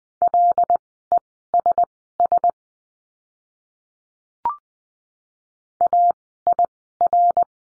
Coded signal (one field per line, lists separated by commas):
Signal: Morse code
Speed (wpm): 20 wpm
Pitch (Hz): 700 Hz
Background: none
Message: LESS AIR